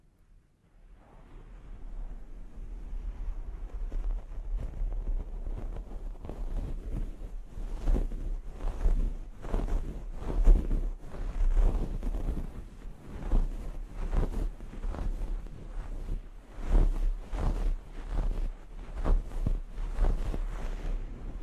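A scalp massage during a hair wash, heard as rubbing and scrunching against hair, and it starts softly before building up within the first few seconds. From about seven seconds on, quick rhythmic strokes repeat roughly twice a second. A low steady rumble runs underneath throughout.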